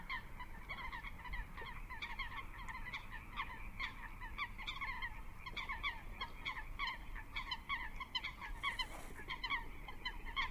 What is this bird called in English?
Eurasian Coot